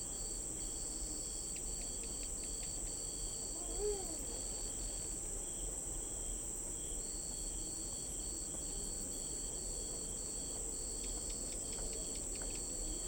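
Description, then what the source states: Cricket chirps in long rows of evenly spaced high pulses, stopping midway and then resuming, above a continuous shrill insect drone and low background rumble. Recorded at night in an urban park or residential suburban backyard.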